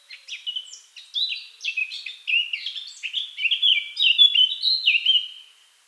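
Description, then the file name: Eurasian blackcap song, a scratchy hurried warble building into louder, clear fluting notes that slur downward near the end. "Sylvia atricapilla"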